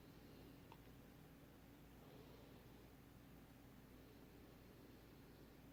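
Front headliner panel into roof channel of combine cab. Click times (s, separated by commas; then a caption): 0.7 s. The fabric-covered front headliner panel of a John Deere combine cab is pushed up into the roof channel above the opening. Against a steady low hum, one sharp snap at 0.7 s marks the front edge seating in the channel.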